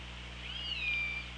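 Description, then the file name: Orca call, a single faint tonal sweep drifting slowly downward over a steady low underwater hum. Recorded on an OrcaLab hydrophone underwater, 24 August 2017 at 17:27. "Orca Lab UTLN JASON 20170824 172706"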